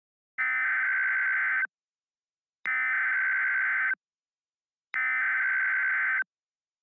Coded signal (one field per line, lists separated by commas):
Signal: Emergency Alert System (SAME) tones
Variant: header bursts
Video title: CASCADIA - TSUNAMI/EARTHQUAKE EAS SCENARIO